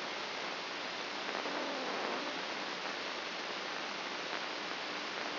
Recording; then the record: brain microelectrode recording played as sound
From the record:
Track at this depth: inside the subthalamic nucleus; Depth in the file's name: 3.232 mm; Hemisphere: left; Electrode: 2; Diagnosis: Parkinson's disease